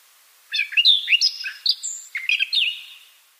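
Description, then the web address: Siberian rubythroat song: one warbled phrase of rich whistles and scratchy twitters, rising and falling, then fading out toward the end. "Schulze Peter Siberian Rubythroat song"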